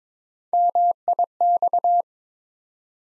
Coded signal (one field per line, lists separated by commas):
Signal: Morse code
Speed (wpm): 21 wpm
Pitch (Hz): 700 Hz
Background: none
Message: MIX